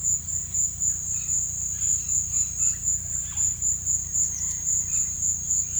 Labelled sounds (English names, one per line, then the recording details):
none
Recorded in pastures near Puerto Asís, Putumayo, Colombia, on 18 December 2024 at 16:30
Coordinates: 0.472, -76.331
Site GP02